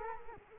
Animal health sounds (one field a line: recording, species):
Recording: mosquito wingbeat signal from an infrared sensor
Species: Culex quinquefasciatus